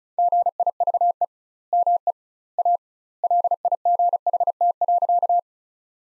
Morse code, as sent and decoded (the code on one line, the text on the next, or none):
--. .. ...- . / -- . / .- / .-.. .. --. .... - .-.-.-
GIVE ME A LIGHT.